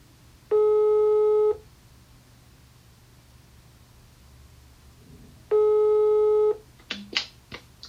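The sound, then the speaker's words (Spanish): A phone line's ringback tone sounds twice as a call is placed to the creator of the Instagram outlet Es Decir for an interview, each a steady one-second buzzy beep separated by a long silent pause over a low hum, followed by a few clicks and knocks as the call is picked up. “Perdona que no te haya podido coger el teléfono antes, que estaba en la otra punta de la casa.”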